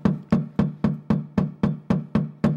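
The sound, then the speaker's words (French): A steady series of about ten firm knocks on a door, evenly spaced at a quick pace, each a sharp hollow thud that fades fast, with no voices. “On venait de frapper à la porte.”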